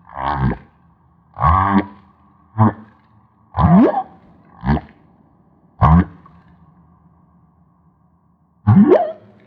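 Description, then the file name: Humpback whale song: a series of short groans and upswept whoops at irregular intervals of one to three seconds, over a faint steady hum. Maui. "Humpback Whale - Maui Whale One"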